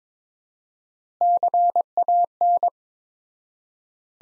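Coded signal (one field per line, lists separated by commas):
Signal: Morse code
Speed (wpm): 21 wpm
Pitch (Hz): 700 Hz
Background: none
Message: CAN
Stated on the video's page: Morse practice sentences from the top 100 words at 22 wpm with 4x word spacing, a word-based take on the Farnsworth method.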